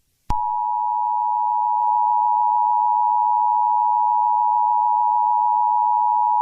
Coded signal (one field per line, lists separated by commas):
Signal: Emergency Alert System (SAME) tones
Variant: 853 and 960 Hz attention tone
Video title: EAS scenario 2133 Atlantic Hurricane Season Episode 2 Bob